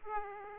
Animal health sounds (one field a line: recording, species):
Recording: mosquito wingbeat signal from an infrared sensor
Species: Aedes aegypti